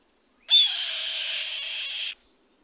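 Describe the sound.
Bird producing one long rasping screech lasting about a second and a half, even in tone and loudness, then silence.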